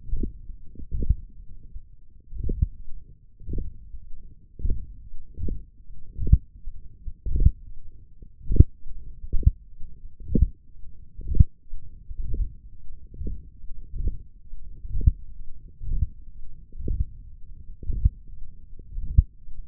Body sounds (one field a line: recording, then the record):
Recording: forearm muscle sounds (acoustic myography)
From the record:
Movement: radial deviation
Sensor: system 1, eight BSWA MPA416 microphones around the upper forearm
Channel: 4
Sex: male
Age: 21 years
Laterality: right